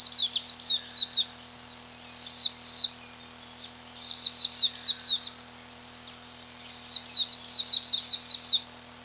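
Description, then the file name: White-eye song in several rapid twittering phrases of high, sharp chirps, with short gaps between; a low steady hum in the background. "beloglazki"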